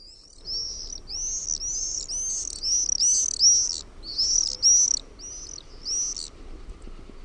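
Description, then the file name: Common Swift screams: shrill, high buzzy trills in repeated bursts of about half a second, with faint low background rumble. "TERVAPAASKY"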